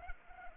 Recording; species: mosquito wingbeat signal from an infrared sensor; Culex pipiens